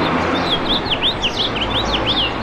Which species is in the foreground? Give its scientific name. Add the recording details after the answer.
Haemorhous mexicanus. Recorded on Long Island, New York, on 24 April 2012. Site AS. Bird A